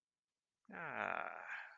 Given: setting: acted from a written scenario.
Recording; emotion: vocal sound without words; ecstasy